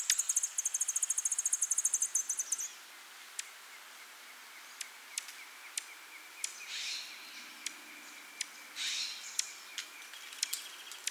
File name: Junco hyemalis Oregon group - Dark-eyed Junco